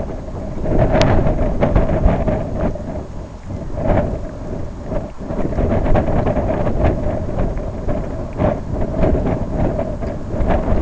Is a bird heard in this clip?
no